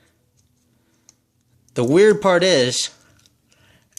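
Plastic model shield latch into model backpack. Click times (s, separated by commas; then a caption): 1.1 s. The small plastic latches on the two-tone blue shield of an MG Jesta plastic model kit are pushed into the model's backpack, and a sharp, short click at 1.1 s shows the shield has seated in place. Someone then talks briefly, and a few faint ticks follow near the end.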